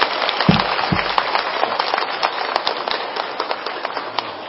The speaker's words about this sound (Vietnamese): hội trưởng ra một tràng pháo tay dài về chương trình.